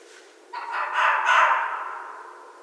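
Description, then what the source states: Red fox: a single hoarse, noisy cry rising in strength, then tailing off over about two seconds. Recorded in 2012.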